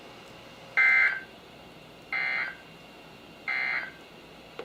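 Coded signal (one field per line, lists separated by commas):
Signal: Emergency Alert System (SAME) tones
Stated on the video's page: NOAA Weather Radio alerts from Sterling, VA via KHB36 162.550, WXM42 162.475, WNG736 162.450 and KEC83 162.400 MHz on various weather radios.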